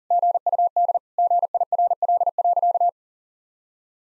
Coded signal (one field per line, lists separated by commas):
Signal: Morse code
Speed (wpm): 40 wpm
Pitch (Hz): 700 Hz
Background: none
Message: GUD GIRL.